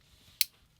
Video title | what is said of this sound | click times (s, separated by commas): The BEST Budget Multitool?? Bibury Tools Multitool BI2049 - Multper MP2049 - EDC Stainless Pliers | that does click and lock into place. So that works. | 0.4 s